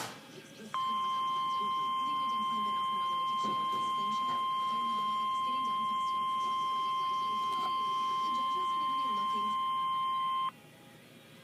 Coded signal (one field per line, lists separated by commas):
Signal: Emergency Alert System (SAME) tones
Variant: 1050 Hz attention tone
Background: speech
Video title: Required Weekly Test -(EAS #101)